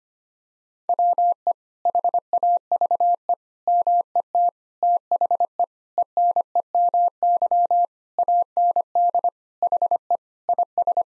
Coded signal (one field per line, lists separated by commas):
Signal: Morse code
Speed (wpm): 25 wpm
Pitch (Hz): 700 Hz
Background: none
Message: WE HAVE MET THE ENEMY AND HE IS